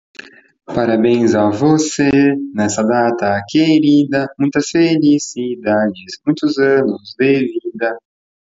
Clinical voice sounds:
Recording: short text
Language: Brazilian Portuguese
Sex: male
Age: 20 to 29 years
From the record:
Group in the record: control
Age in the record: 21 years

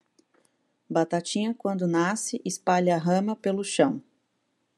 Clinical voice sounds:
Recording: short text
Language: Brazilian Portuguese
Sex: female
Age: 20 to 29 years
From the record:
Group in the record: control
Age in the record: 29 years

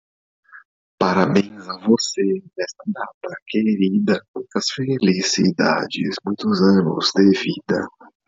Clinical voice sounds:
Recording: short text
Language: Brazilian Portuguese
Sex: male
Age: 30 to 39 years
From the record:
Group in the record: control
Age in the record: 39 years

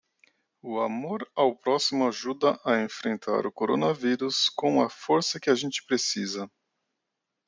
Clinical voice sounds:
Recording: spoken sentence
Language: Brazilian Portuguese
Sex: male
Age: 40 to 49 years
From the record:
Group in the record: control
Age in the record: 40 years

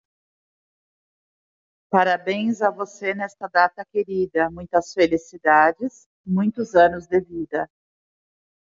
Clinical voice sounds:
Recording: short text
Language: Brazilian Portuguese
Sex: female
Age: 40 to 49 years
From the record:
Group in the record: control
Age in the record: 45 years

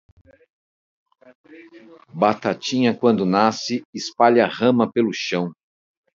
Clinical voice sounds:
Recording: short text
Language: Brazilian Portuguese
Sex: male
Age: 40 to 49 years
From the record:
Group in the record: control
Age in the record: 49 years

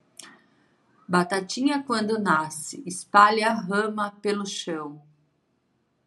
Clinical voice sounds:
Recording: short text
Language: Brazilian Portuguese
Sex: female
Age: 40 to 49 years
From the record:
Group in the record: control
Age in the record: 48 years

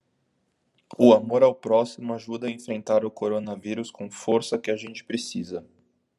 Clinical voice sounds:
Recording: spoken sentence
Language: Brazilian Portuguese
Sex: male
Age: 20 to 29 years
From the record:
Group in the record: control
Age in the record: 26 years

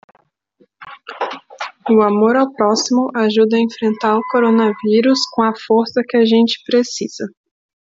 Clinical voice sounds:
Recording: spoken sentence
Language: Brazilian Portuguese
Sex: female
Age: 20 to 29 years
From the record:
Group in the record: control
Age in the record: 26 years

